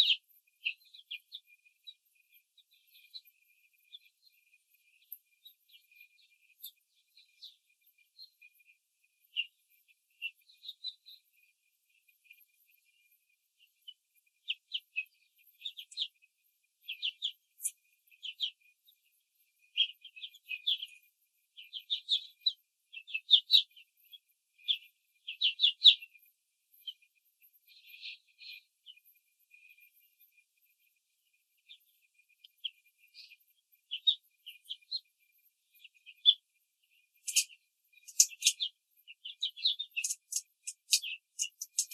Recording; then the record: young laying hens in a cage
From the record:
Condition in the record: control cage, before the stress test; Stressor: none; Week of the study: 4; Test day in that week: 3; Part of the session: 3